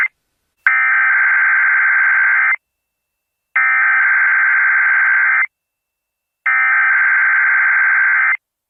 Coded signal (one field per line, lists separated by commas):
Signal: Emergency Alert System (SAME) tones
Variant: header bursts